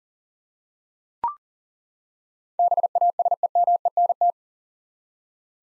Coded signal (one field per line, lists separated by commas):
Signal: Morse code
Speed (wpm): 40 wpm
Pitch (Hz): 700 Hz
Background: none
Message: BASEMENT